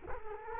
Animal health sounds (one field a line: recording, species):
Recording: mosquito wingbeat signal from an infrared sensor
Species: Culex quinquefasciatus